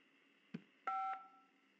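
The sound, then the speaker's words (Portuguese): A short click, then a single clear touch-tone beep as a key is pressed on a telephone keypad in an automated HSBC bank phone menu, a steady two-pitch tone lasting about a quarter second before fading into quiet line hiss. “Acessar com a senha da conta, tecle 6.”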